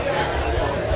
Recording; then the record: background sound without coughing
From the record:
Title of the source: CITY SOUNDS Busy Bar in the Evening Night - 2 HOURS of Ambiance for Relaxation